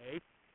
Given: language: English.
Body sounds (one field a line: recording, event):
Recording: throat vibration sensor signal played as sound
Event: speech